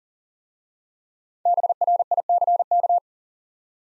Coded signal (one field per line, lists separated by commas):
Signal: Morse code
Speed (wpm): 42 wpm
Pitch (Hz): 700 Hz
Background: none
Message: BRICK